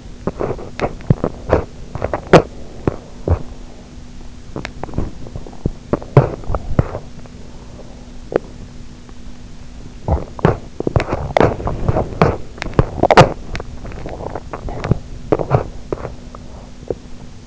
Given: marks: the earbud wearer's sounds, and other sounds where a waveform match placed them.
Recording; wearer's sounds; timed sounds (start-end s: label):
sounds in sleep by an in-ear microphone; teeth grinding
0.00-8.91 s: teeth grinding
10.00-17.47 s: teeth grinding